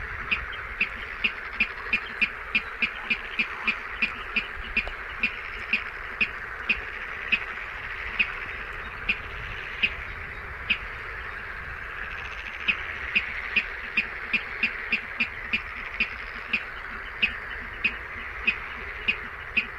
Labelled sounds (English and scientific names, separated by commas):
Water Rail (Rallus aquaticus)